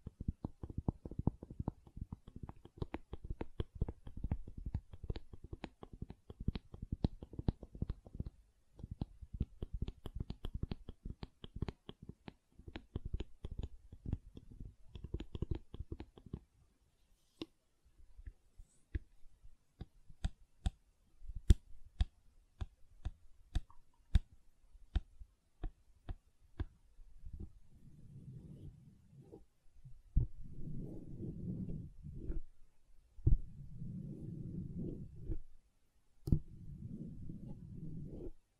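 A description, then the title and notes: Gentle silicone sounds: for the first sixteen seconds, dense, rapid little clicks and taps. The clicks then thin out to scattered, sharper ticks. From about 28 seconds, soft, low, squishy swells arrive in a slow rhythm, each lasting a second or two. ASMR Gentle Silicon Sounds for Sleep (No Talking).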